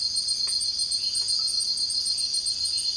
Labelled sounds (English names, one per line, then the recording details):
none
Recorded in dense forest near Puerto Asís, Putumayo, Colombia, on 19 February 2024 at 05:00
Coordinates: 0.481, -76.318
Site G6421